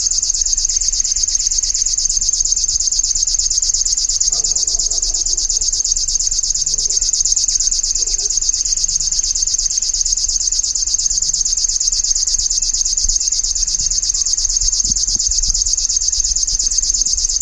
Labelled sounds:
River Warbler song
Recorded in the wild
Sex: male
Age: adult
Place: Kützerhof, Kummerower See, Mecklenburg-Vorpommern, DE
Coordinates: 53.8469, 12.885
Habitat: riparian forest
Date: 2009-05-26
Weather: clear, ca. 15°C, weak easterly winds
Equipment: Sound Devices 702, Sennheiser MKH 70, Rycote Windschutz
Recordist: Frommolt, Karl-Heinz
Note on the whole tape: Am Beobachtungsturm bei Aalbude: Gesang eines Schlagschwirls. Tier singt in einem Buschbestand. Entfernung ca. 10 m

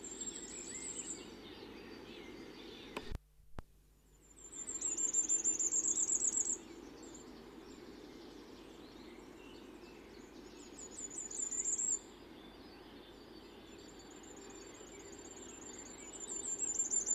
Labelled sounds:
Common Firecrest song
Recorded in the wild
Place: Kaiserslautern, Rheinland-Pfalz, DE
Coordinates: 49.4284, 7.7788
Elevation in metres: 279
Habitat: garden
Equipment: Nagra IV, Sennheiser MKH 405, Parabolreflektor
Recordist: Tretzel, Erwin

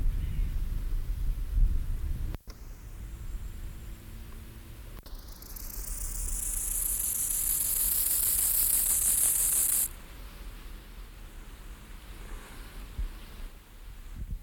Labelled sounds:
Rufous Grasshopper stridulation
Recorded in the wild
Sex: male
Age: imago
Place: Gößweinstein, Fränkische Schweiz, Bayern, DE
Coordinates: 49.72, 11.07
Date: 1995-09-05 10:11
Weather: Sonne
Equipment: Nagra SN, Sennheiser ME 80, Kopie Uher 4000 Report Monitor
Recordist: Tembrock, Günter

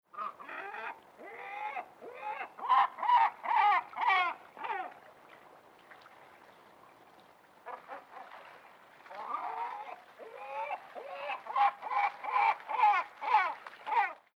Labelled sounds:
Great Black-backed Gull
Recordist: Tembrock, Günter
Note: Rufreihe

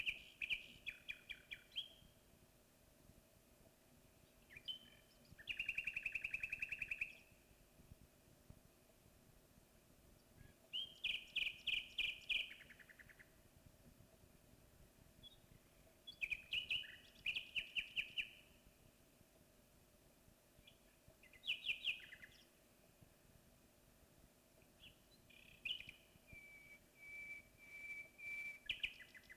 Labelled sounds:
Common Nightingale song
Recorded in the wild
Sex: male
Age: adult
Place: Bielefeld-Heepen, Nordrhein-Westfalen, DE
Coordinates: 52.03, 8.58861
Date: 1965-05-09
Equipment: Uher 4000 Report-S, Bändchenmikro Beyer M 260, Parabolspiegel Polyester (470 mm)
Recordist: Conrads, Klaus

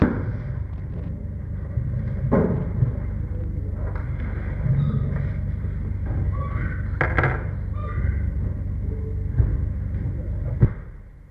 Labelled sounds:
Chimpanzee
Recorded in captivity
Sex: diverse
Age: adult
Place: Tierpark Berlin, Berlin, DE
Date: 1961-01-23
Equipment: Smaragd
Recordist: Korde and Stein
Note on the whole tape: S 579 b): Monika: Trampeln; Orang (Jussub): Quieken; Susi: Freßlaute; Monika: Trampeln, Schreien; Susi: schreit; Monika: Trampeln, Futterbetteln; Orang: Quieken, wütend Betteln (Berufspraktikum-Protokoll)

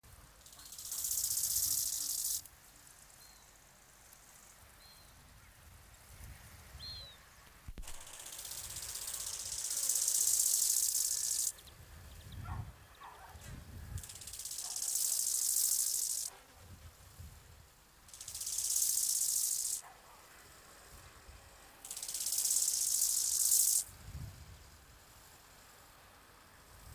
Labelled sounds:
Bow-winged Grasshopper stridulation
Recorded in the wild
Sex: male
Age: imago
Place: Bansin, Insel Usedom, Mecklenburg-Vorpommern, DE
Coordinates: 53.9603, 14.1317
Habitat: Trockenhang
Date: 1983-09-23 17:13
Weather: sonnig, böiger Wind
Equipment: Nagra SN, Sennheiser MKH 416 T, Kopie Uher 4000 Report Monitor
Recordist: Tembrock, Günter

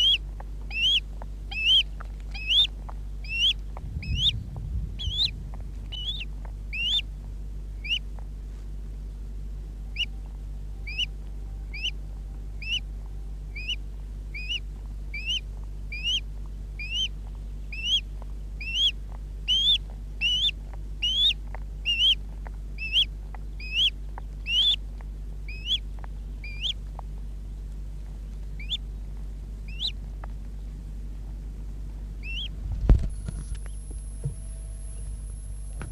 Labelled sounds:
Common Crane call
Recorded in the wild
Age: juvenile
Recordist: Meyer, Hugo

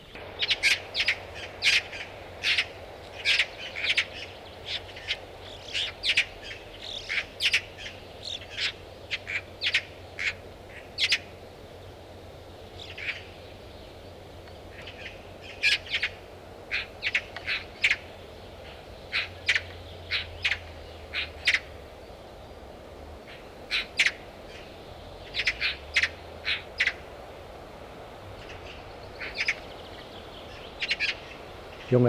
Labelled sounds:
Eurasian Magpie call
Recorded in the wild
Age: juvenile
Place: Clausthal-Zellerfeld, Oberharz, Niedersachsen, DE
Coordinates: 51.78, 10.33
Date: 1986-06-16
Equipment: Sony WM-D6C, Parabolscheibe
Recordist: Skiba, Reinald

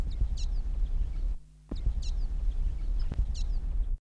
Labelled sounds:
Little Bee-eater call
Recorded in the wild
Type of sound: call
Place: BW
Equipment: Halbspur, 9,5 cm/s
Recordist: Lütgens, Hans
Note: Flugruf

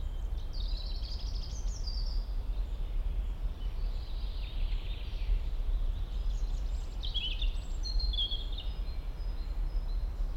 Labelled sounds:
European Robin
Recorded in the wild
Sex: male
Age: adult
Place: Mühlenbecker Wald, Brandenburg, DE
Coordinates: 52.689, 13.356
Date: 1993-05-08
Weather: sonnig, ca. 23 °C
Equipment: Marantz CP 430, Sennheiser ME 80, Kopie Uher Variocord 263
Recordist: Tembrock, Günter

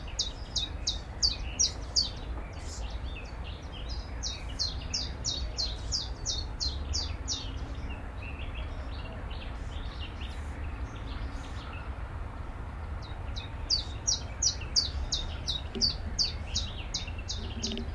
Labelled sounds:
Willow Warbler
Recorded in captivity
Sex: male
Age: adult
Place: Zoologisches Institut Universität Tübingen und Voliere IV, Baden-Württemberg, DE
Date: 1966-06-07
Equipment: Nagra III PH, MD 421, LGS26
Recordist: Faber, A. and Schneider, H.-J
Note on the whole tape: Phylloscopus trochilus trochilus "sylvestris" . Osteckzimmer. Auch Aufnahmen vom 14. Juni um 13 Uhr und 15. Juni um 8 Uhr 15. 1. Aufn.: Angstlaute (Vogel wurde in Hand gehalten) von Mischsänger. 2. Aufn.: Drei Einzellaute u. zwei Gesänge. 3. Aufn.: Einige gute Gesänge

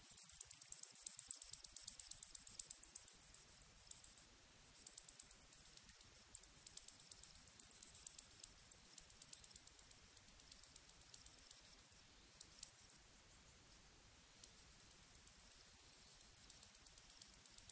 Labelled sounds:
Willow Tit
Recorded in the wild
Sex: male
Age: adult
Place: Erlangen, Bayern, DE
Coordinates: 49.6019, 10.9581
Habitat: pond
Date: 1965-05-01
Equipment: Original Vollspur
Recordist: Tretzel, Erwin

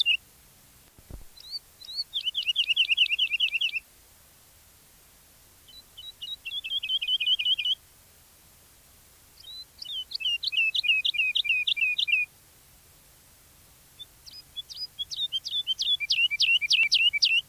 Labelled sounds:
Wood Lark
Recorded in the wild
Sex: male
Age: adult
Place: Erlangen, Bayern, DE
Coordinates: 49.6028, 10.9819
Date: 1963-03-30
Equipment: Nagra, AKG D19/200, Original, Vollspur
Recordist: Tretzel, Erwin

